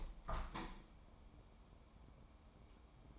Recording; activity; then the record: daily activity, microphone in the room; open window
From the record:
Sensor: 1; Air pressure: 1014.9 hPa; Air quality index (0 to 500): 35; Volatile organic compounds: 1 ppm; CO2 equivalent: 570 ppm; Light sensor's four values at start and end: 10/25/10/11 and 11/26/10/11